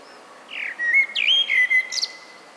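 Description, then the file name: Common blackbird song, a single brief phrase: a sliding whistled note, a few warbled fluty notes, then a thin high squeak at the end. "Turdus merula"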